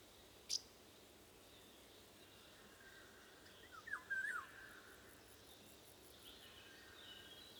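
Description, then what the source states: Golden oriole song: a sharp click near the start, then a brief mellow, fluty phrase that wavers up and down, over constant wind hiss. Windy conditions.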